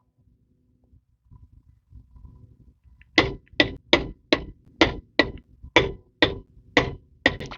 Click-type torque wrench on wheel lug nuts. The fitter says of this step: just listen for that click